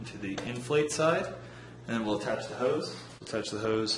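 Someone talks while assembling a kayak pump, screwing the plastic pressure gauge onto the pump's inflate side and attaching the inflation hose to the gauge fitting, which is meant to twist-lock into place. Nothing has seated or clicked yet; the hose is not locked onto the gauge by the end of the clip.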